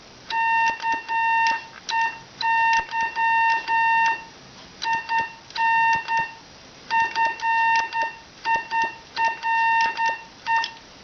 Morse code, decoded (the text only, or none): KEY IN FIRE